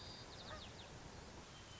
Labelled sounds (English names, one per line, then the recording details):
White-crowned Sparrow
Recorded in Sonoma County, California